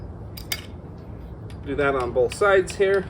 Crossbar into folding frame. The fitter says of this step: you're gonna snap them in and they just have holes that just push down and lock into place.